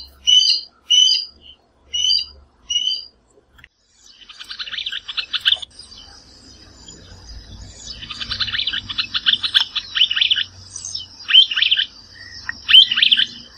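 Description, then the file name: Bird song: four quick bright chirps, then buzzy, scratchy phrases over a thin steady high tone, with low rumbling in the background. "passaros"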